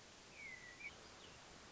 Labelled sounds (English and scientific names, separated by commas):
Hermit Thrush (Catharus guttatus)